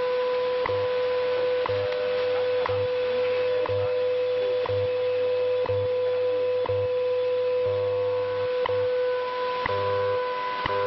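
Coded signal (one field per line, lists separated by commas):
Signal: radio time signal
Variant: WWV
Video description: This really was a jumble of a bunch of time stations and you can hear them interfering with each other when WWV goes quiet.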